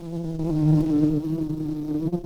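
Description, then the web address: Red-tailed bumblebee buzzing steadily, a low droning hum with rich harmonics holding constant pitch throughout, wavering slightly near the end. Queens. "bumblebees Lapidarius-queens"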